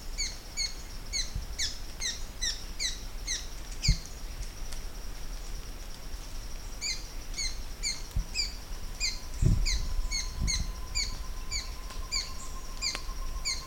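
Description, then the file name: Oustalet's tyrannulet song: quick series of high thin chirps repeated steadily, over constant low background rumble and a steady faint tone. "canto do papa moscas de olheiras"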